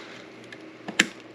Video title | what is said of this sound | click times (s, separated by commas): The mining motherboard no one knows about yet | okay so now that you heard the click on this one side and you can see that right here that this | 1.0 s